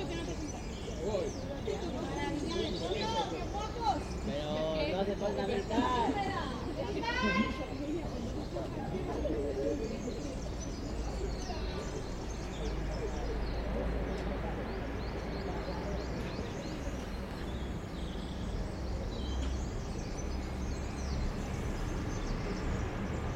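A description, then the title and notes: Outdoors near a village church, several people talk at once in a steady murmur of voices. Bright chirps, likely birds, stand out between about five and eight seconds, over a constant low rumble that sounds like traffic. Igrexa De San Tirso, Palas De Rei, Galicia, Spain. Unfortunately, although I could see the bells, they didn't ring. You can enjoy the songs and calls of a Wren, Robin, Blackbird, Long Tailed Tit, Song Thrush, Carrion Crow and Great Tit.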